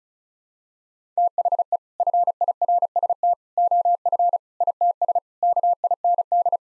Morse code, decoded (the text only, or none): THE FIRST OF ITS KIND